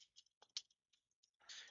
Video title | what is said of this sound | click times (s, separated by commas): 5/31/2026 - Toy Unboxening: Thunder and Lightning | And then everything just snaps in and locks into place there. | 0.6 s